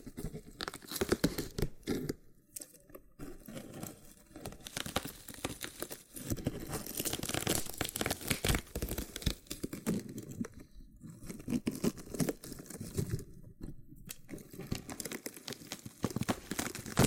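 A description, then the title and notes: Crackly scratching and peeling of a loofah, dense with tiny pops and rustles that run almost without pause. Brief quiet gaps fall near 2, 6, 11 and 13 seconds before the rough, bright scraping resumes. ASMR Oddly Satisfying Loofah Triggers with Intense Peeling & Popping Sounds (No Talking).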